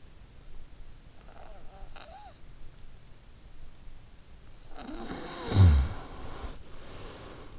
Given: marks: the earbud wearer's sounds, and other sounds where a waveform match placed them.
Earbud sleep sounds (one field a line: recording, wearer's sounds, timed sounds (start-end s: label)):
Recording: sounds in sleep by an in-ear microphone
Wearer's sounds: snoring breath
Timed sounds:
1.11-2.74 s: snoring breath
4.42-7.59 s: snoring breath